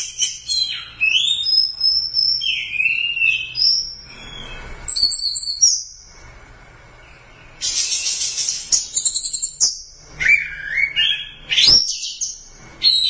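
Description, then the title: Thrush song with high piping whistles and fast trills, broken by a quiet gap, then resuming in sharp, rising and falling phrases. "burung anis x"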